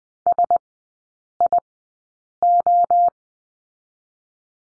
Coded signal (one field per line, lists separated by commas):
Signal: Morse code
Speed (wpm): 20 wpm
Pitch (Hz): 700 Hz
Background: none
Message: SIO